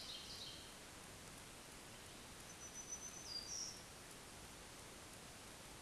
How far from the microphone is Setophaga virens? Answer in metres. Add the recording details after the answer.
about 35 m. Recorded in a Pennsylvania forest on 1 June 2023 at 08:56. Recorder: AudioMoth, point grid3_35_high. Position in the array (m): 160 m, 143 m